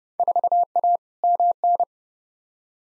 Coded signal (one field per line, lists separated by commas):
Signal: Morse code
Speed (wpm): 30 wpm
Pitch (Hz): 700 Hz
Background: none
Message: 4A MN